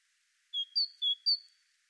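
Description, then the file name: Great tit singing two quick phrases, each a clear whistled high note rising to a higher one, like a bright seesaw. "Parus major"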